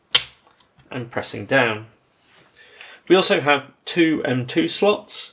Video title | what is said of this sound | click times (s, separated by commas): Dell Precision 3561 - RAM/SSD Upgrade, Battery Replacement and Cooler Cleaning/Repaste Guide | press down so that they click into place. | 0.2 s